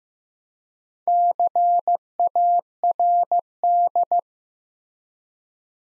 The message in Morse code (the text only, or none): CARD